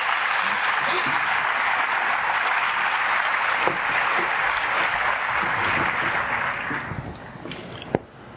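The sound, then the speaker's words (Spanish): An audience claps steadily in a dense, even wash of applause that holds for about seven seconds, then thins out and fades, with a few last scattered claps, welcoming Dr. Fabio Villarraga Benavides, coordinator of CEI South America (International Spiritist Council). “Señoras y señores, recibamos con un fuerte aplauso al doctor Fabio Villarraga Benavides.”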